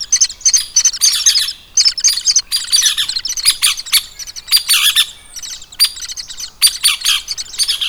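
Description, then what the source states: Hairy Woodpecker nestlings chattering in shrill, buzzy bursts that overlap and run together, with short gaps between clusters. Baby woodpeckers calling at the nest.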